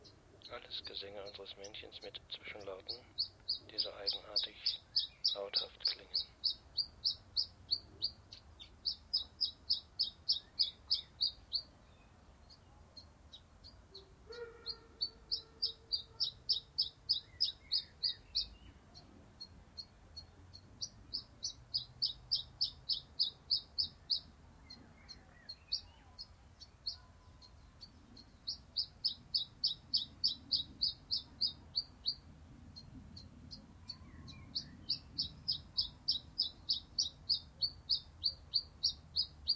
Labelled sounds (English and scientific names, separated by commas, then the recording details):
Common Chiffchaff (Phylloscopus collybita)
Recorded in captivity
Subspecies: collybita
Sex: male
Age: subadult
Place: Volierenanlage, Zoologisches Institut Universität Tübingen, Baden-Württemberg, DE
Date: 1968-06-24
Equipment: Nagra III PH, MD 211, LGS26
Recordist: Schneider, Hans-Joachim